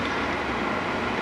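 A plastic tool follows the land on a piston for a Fuel Moto 107 Harley big bore, pushing the last of the piston ring's open end into its groove. Only a steady, broadband rushing noise at an even level is heard throughout. The ring has not popped into its groove yet.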